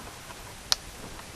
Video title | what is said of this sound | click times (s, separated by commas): Retrofitting 2nd Gen Bose Windblocker with M200 Speakers into the 1999-2005 Miata | so slide it in and there's the click and it's in place | 0.7 s